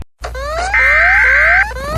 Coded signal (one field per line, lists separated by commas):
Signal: Emergency Alert System (SAME) tones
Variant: header bursts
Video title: eas alarms animados 4